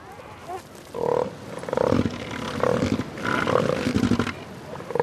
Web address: earth naturelibrary. southern elephant seal